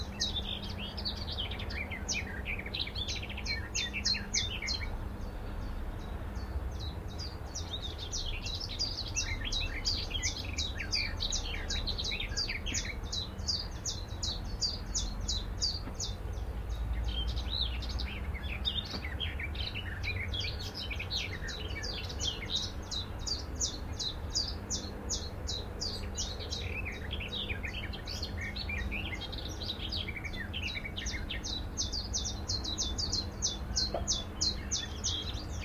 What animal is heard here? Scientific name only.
Phylloscopus trochilus